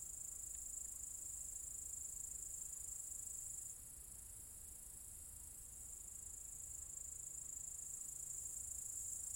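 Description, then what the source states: Cicadas, high continuous shrill chorus that dips briefly midway, then resumes at full strength. Several cicadas in an apple tree orchard at Zalensų Sodybos, Lithuania, recorded 23 August 2015.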